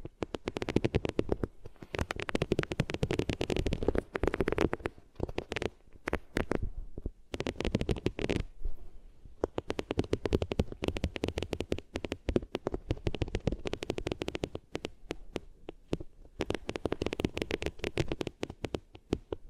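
Rubbing on the ears with different materials makes dense, scratchy friction bursts in quick succession, deep and muffled underneath with crisp rustle on top. The rubbing comes in busy stretches broken by short pauses near 5, 7 and 9 seconds, then carries on steadily to the end.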